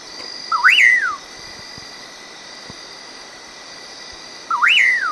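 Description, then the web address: Common pauraque song: two slurred whistled phrases about four seconds apart, each dipping briefly, then sweeping up sharply and falling away, over a steady high background hum. "cantos curiango"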